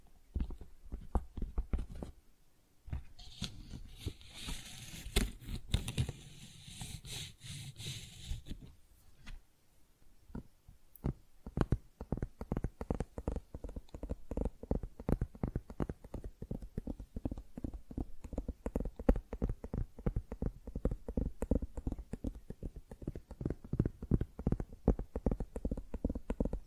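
Flower sounds made of dense, rapid tapping and crackling, with a bright crinkly rustle from about three to eight seconds, then steady quick taps.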